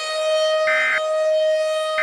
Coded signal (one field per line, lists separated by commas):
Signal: Emergency Alert System (SAME) tones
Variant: end-of-message bursts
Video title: EAS Scenario #21: The King of Destruction